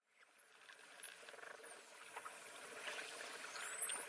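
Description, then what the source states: Dolphin whistles, high thin sweeping tones rising and falling, heard faintly above a wash of underwater noise and crackling. Dolphin voices with whistles.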